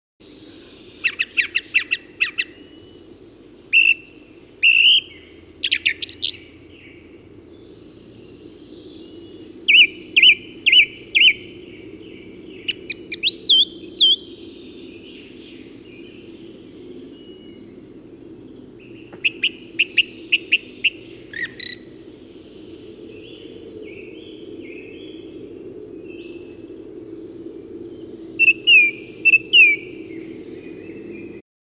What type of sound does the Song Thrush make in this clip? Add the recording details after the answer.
song. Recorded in the wild. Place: Hohenzieritz, Mecklenburg-Vorpommern, DE. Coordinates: 53.457, 13.11. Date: 1980-05-01. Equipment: Nagra III BH, Sennheiser MD 21, parabola. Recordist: Schubert, Michael. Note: Gesang Singdrossel